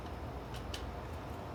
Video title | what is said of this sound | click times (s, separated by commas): My Photography Gear - Part 2 | and it locks in place | 0.7 s